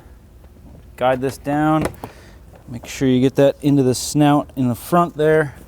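A plastic air intake housing on a 2020-2024 BMW G01 X3 (G02 X4, M40i, B58TU engine) is being guided down toward its rubber mounting grommets and into the front snout while someone talks. Only faint handling noise sits under the speech. Nothing has seated or clicked yet.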